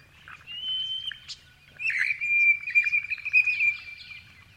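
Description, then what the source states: Grey-fronted honeyeater chirping: a clear whistled note and a sharp click, then a busy run of squeaky chirps and warbled notes. Several grey-fronted honeyeaters chirping.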